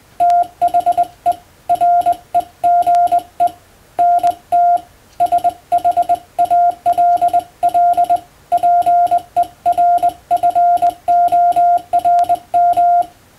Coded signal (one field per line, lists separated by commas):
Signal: Morse code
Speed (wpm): 22 wpm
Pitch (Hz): 700 Hz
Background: none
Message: THE REGENT SHALL PERFORM